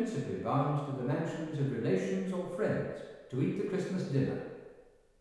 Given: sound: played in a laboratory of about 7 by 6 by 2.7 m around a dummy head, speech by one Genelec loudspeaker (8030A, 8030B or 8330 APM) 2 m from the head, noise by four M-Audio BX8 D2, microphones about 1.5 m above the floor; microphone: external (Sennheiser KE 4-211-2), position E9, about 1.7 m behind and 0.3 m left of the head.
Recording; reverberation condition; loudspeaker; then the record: male speech in English; high; 120 degrees to the left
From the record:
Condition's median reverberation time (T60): about 1300 ms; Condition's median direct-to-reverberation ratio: about -4.0 dB